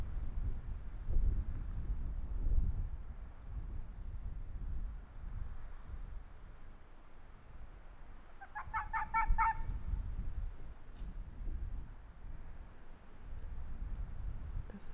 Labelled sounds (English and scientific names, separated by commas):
Arctic Fox (Vulpes lagopus)